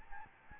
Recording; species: mosquito wingbeat signal from an infrared sensor; Aedes albopictus